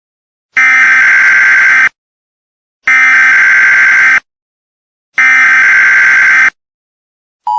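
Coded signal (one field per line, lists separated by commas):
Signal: Emergency Alert System (SAME) tones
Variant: header bursts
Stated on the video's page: Fictional EAS scenario alert.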